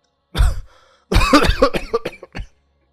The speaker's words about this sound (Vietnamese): Ông cụ ho một tràng rút ruột rồi nói.